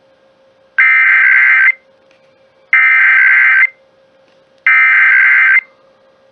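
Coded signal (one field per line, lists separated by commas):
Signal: Emergency Alert System (SAME) tones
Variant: header bursts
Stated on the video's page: Real EAS alerts including test alerts.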